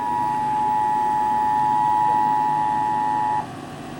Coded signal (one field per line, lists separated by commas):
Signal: Emergency Alert System (SAME) tones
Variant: 853 and 960 Hz attention tone